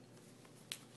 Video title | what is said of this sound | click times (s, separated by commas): The Sylvania 7" Android Tablet | and just slide it into the slot until you hear a click | 0.7 s